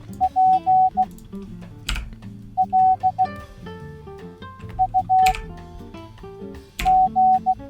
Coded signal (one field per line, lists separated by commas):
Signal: Morse code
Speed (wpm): 16 wpm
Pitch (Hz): 750 Hz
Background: music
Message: PLUG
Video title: Fastest Way to Learn Morse Code